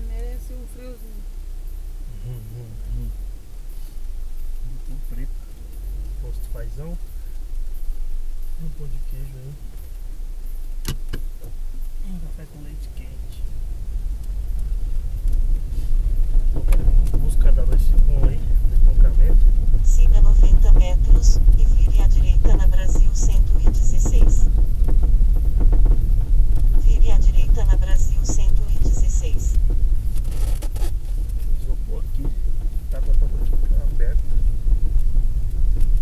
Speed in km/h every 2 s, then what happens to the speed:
3, 4, 3, 3, 3, 1, 4, 12, 16, 19, 21, 20, 18, 18, 15, 10, 13, 14.
0-8 steady at about 3. 8-11 standing. 11-19 pulls away to 21. 19-26 steady at about 18. 26-30 slows to 10. 30-36 steady at about 13.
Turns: none.